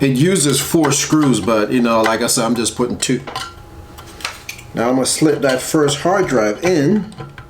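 Someone talks while handling a 3.5-inch hard drive in its tray, fastened with only two of its four screws, and begins sliding it into the bay of a fanless aluminium external drive enclosure. Brief light ticks of handling come at 4.2 s and 4.5 s, with another faint one near 7.4 s. The drive has not yet snapped into place; nothing has seated or clicked.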